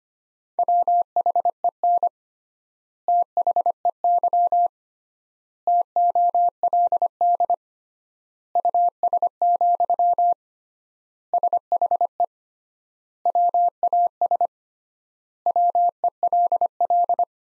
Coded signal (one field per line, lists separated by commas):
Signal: Morse code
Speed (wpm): 25 wpm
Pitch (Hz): 700 Hz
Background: none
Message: WHEN THEY TOLD US, SHE WAS WELL